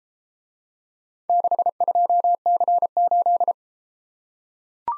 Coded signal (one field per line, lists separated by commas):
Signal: Morse code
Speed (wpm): 32 wpm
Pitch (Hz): 700 Hz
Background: none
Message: 62C8